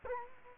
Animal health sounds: mosquito wingbeat signal from an infrared sensor; Culex quinquefasciatus

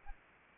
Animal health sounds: mosquito wingbeat signal from an infrared sensor; Anopheles arabiensis

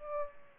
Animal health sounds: mosquito wingbeat signal from an infrared sensor; Aedes aegypti

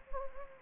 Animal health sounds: mosquito wingbeat signal from an infrared sensor; Anopheles gambiae

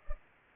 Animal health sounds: mosquito wingbeat signal from an infrared sensor; Culex pipiens

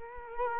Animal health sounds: mosquito wingbeat signal from an infrared sensor; Culex quinquefasciatus

